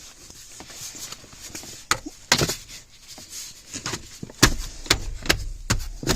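A plastic interior kick panel is guided into position in a car's footwell and pressed against the body until its clips snap in. Sharp snaps are heard at about 1.9, 2.3, 4.4, 4.9, 5.3 and 5.7 seconds over light rubbing and handling noise. The panel ends up seated, sitting in place.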